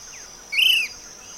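Short-crested flycatcher call: a single arched note lasting under half a second, with a steady high-pitched whine behind.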